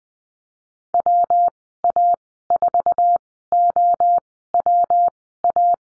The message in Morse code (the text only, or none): WA4OWA